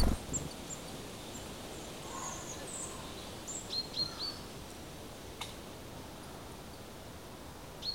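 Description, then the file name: Great tit, a quick run of three bright high notes near the middle, with faint chirps and constant background noise around them. "Parus major"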